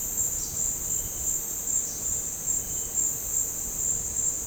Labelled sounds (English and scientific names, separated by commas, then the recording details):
none
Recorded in dense forest near Puerto Asís, Putumayo, Colombia, on 13 March 2025 at 16:30
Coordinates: 0.467, -76.328
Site G041